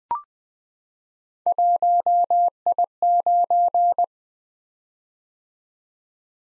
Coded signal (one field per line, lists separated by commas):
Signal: Morse code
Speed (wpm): 20 wpm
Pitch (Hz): 700 Hz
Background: none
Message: 1I9